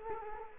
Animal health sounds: mosquito wingbeat signal from an infrared sensor; Culex quinquefasciatus

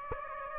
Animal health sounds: mosquito wingbeat signal from an infrared sensor; Aedes aegypti

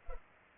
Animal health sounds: mosquito wingbeat signal from an infrared sensor; Culex pipiens

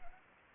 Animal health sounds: mosquito wingbeat signal from an infrared sensor; Anopheles arabiensis

